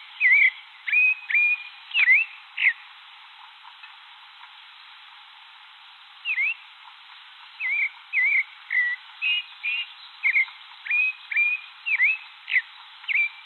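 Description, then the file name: Thrush song, short clear whistled phrases of slurred, rising and falling notes in two bursts separated by a pause of several seconds. "canto do sabia de cabeca cinza"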